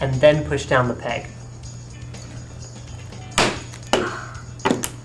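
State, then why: Seated. Someone talks while pushing down the last plastic push pin of a CPU cooler into a motherboard mounting hole, putting pressure on the small metal piece as they press. Sharp clicks are heard at 3.9 s and 4.8 s as the pin snaps home and seats securely.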